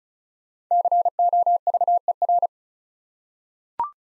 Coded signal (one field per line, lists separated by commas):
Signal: Morse code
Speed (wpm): 36 wpm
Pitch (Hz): 700 Hz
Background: none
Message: COVER